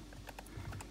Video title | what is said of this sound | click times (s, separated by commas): Icemaker leaking - replace ice tray Frigidaire/Westinghouse/Kelvinator/Kenmore/GE/Maytag Whirlpool. | it should click in. There it goes. | 0.8 s